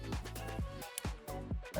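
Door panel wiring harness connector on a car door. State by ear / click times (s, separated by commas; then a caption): released / 1.0 s. With electronic music playing throughout, the release button on a plastic door-panel wiring harness connector on a C8 Corvette car door is pushed down after its red lock has been slid back. The latch gives a sharp click at 1.0 s as it opens, releasing the connector.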